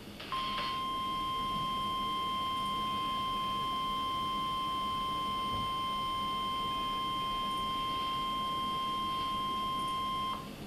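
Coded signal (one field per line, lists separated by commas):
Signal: Emergency Alert System (SAME) tones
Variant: 1050 Hz attention tone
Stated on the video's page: NOAA Weather Radio SAME alerts from a Little Rock, Arkansas weather radio station during a severe weather event.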